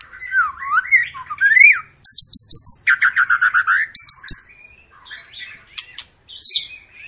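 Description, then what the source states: White-rumped shama song opening with wavering whistles, then a fast run of repeated loud notes, followed by quieter twitters and chips. Long lure song of a white-rumped shama in full, continuous song, used to make other birds sing.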